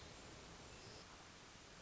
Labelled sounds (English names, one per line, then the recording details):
Hermit Thrush
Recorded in Sonoma County, California